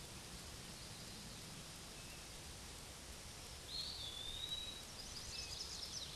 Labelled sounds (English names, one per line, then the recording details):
Eastern Wood-Pewee song
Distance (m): 15 m
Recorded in a Pennsylvania forest on 18 May 2023 at 11:31
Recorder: AudioMoth, point grid1_39_low
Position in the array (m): 185 m, 172 m